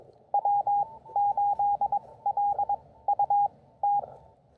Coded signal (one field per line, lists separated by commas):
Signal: Morse code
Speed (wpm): 22 wpm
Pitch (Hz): 820 Hz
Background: none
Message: W8LUT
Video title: New Antenna, New Key, and New Friend: Testing the CHA LEFS 4010 at William B Umstead State Park!